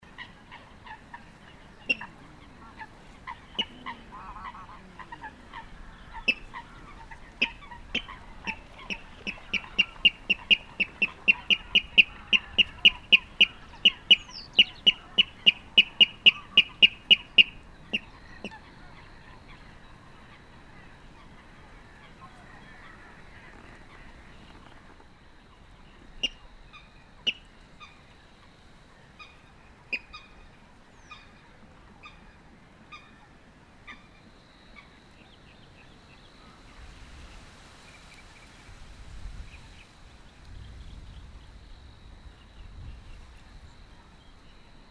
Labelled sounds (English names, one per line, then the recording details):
Water Rail song
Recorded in the wild
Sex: male
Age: adult
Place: Warsow, Kummerower See, Mecklenburg-Vorpommern, DE
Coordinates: 53.8353, 12.8428
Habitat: wetland
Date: 2013-05-23
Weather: cloudy, weak wind, 15°C
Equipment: Sound Devices 702, Sennheiser MKH 70, Rycote Windschutz
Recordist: Frommolt, Karl-Heinz
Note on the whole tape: Gesang einer Wasserralle